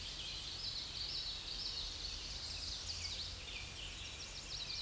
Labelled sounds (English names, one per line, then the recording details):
Common Yellowthroat song
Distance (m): 45 m
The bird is about 5 m above the microphone
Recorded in a Pennsylvania forest on 16 May 2024 at 07:36
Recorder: AudioMoth, point MSD-2155
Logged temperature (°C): 15.6 °C
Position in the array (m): 31 m, 148 m